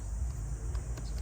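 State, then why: Not seated. The wiring harness connector is handled near the replaced EVAP purge valve on a GM vehicle, after the hoses have been reconnected, and is about to be pushed on. A low steady rumble and a faint high-pitched tone run throughout, with a brief handling noise at 0.8 s. Nothing has seated or clicked yet.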